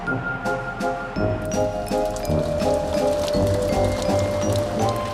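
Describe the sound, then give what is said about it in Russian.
Raindrops fall onto the ground in a steady, dense patter with scattered sharper drips, while a sustained low tonal hum runs underneath throughout. “Капли падают на землю.”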